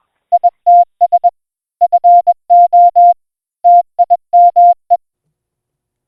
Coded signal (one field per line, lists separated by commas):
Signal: Morse code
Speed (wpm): 21 wpm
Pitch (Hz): 700 Hz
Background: none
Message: ITS FO TIME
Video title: Episode 2: Kf7IJZ-Field Day, Solar, Battery & More